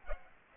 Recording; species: mosquito wingbeat signal from an infrared sensor; Aedes aegypti